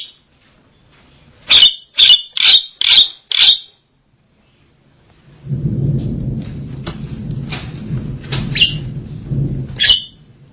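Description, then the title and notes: Javan myna song: a fast series of five sharp, harsh notes, then fainter scratchy notes over a continuous low rumble. "Jalak Kebo. Kicau Burung Jalak"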